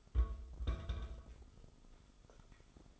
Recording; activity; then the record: daily activity, microphone in the room; place on stove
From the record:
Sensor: 5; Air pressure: 988.4 hPa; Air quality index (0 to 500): 202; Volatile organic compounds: 79 ppm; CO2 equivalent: 3596 ppm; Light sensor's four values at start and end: 48/141/55/60 and 48/140/55/60